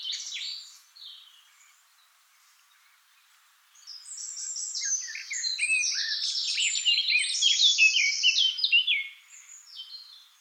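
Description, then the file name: Eurasian blackcap song: a short opening burst, a quiet gap, then a long, dense, scratchy-to-fluty warble from about four to nine seconds. "Sylvia atricapilla"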